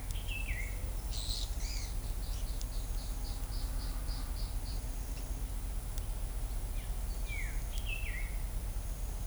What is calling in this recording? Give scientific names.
Saltator olivascens, Atalotriccus pilaris